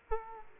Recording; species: mosquito wingbeat signal from an infrared sensor; Aedes aegypti